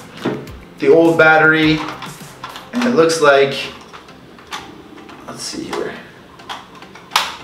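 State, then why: Seated. Someone talks while pushing the old flight battery into the battery bay of a replacement Mavic 2 Pro drone. After a few faint handling taps, it latches with a sharp, loud click at 7.2 s, and the battery is seated.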